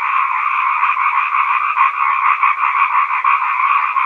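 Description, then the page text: Chinese edible frogs in a thick, unbroken croaking chorus that throbs in quick, uneven waves. "虎皮蛙叫声 风潮唱片"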